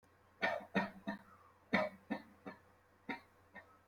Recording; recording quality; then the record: heavy voluntary cough; excellent, no background noise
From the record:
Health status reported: healthy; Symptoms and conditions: hypertension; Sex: male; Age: 29 years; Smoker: not ticked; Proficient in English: yes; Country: India